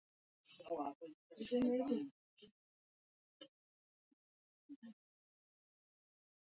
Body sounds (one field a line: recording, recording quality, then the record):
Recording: shallow breathing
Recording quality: moderate, slight background noise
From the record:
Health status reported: healthy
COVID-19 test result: negative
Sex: female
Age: 53 years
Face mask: worn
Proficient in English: yes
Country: India